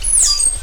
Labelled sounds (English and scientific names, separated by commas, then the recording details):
Stitchbird (Notiomystis cincta) song
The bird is a male
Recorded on Tiritiri Matangi Island, New Zealand, in 2005
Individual 12, of nest box 16